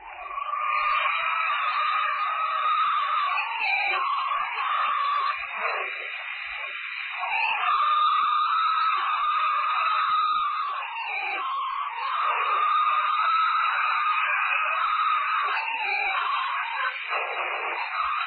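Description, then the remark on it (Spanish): Alleged Bigfoot calls recorded in a forest by the ambient microphone of a police patrol car, transmitted to the central police station in Rottingham County: long, wavering howl-like cries over a constant tinny hiss, sounding thin and radio-filtered, rising and falling in pitch without pause throughout. “fue la primera gran grabación de un Bigfoot que se había conseguido el sonido”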